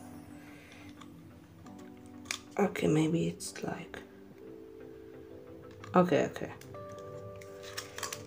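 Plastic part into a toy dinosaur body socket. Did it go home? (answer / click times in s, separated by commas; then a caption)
yes / 8.1 s. A plastic part of a Mattel Jurassic World Camp Cretaceous Roar Attack "Pierce" Kentrosaurus action-figure dinosaur is pushed into its body socket during assembly, a little tough to do, with soft handling taps and rustles while someone talks over faint background music. A sharp plastic click at 8.1 s confirms the part has seated in place.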